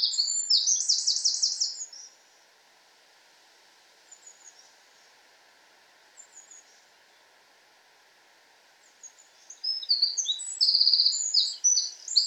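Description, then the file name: Eurasian wren delivering short bursts of shrill rapid trills at the start and again near the end, with a long quiet gap holding only faint notes between. "Troglodytes troglodytes"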